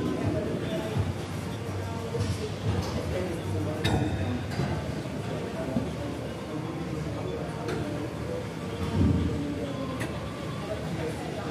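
Gym ambience: a steady, dense murmur of voices sits over a low, continuous rumble and whoosh. Sharp metallic clinks ring out every few seconds, around 2, 4, 8 and 10 seconds in, and the overall level swells slightly near the 9-second mark.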